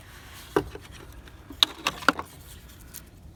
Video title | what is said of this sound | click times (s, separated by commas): How to install and program a Pulsar LT in a 2020 Silverado | So we're going to go down all the way, hear it click, and then you can see the red connectors lined up | 1.6 s